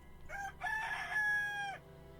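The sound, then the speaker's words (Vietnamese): A rooster crows once, a loud, drawn-out cock-a-doodle-doo with a short opening note followed by a long sustained call that tapers off, heard alone over a low steady hum. “Mãi cho đến tận khi có tiếng gà gáy vang lên”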